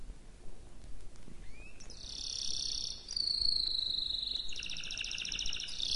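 Canary trilling over a steady hiss: a rising note, then high rolled trills and a long falling whistle, followed by a buzzier lower tour.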